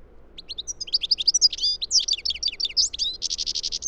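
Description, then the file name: European goldfinch singing a continuous run of sharp, tinkling twitters that ends in a rapid buzzy trill. "Carduelis carduelis"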